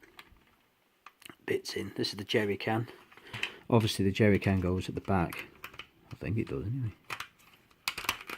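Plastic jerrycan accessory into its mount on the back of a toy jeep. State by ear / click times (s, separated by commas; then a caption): seated / 7.9 s. A small plastic jerrycan accessory is fitted into its mount on the back of a toy jeep while someone talks. Light clicks and handling taps come before a sharp, loud snap at 7.9 s as the jerrycan clicks into place.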